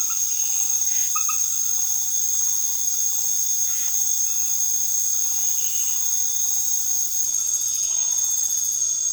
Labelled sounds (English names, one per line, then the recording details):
none
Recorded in secondary vegetation near Puerto Asís, Putumayo, Colombia, on 13 March 2025 at 21:00
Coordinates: 0.489, -76.322
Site G042